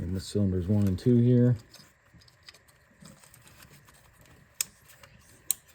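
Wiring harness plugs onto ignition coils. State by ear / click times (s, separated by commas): seated / 4.6 s, 5.5 s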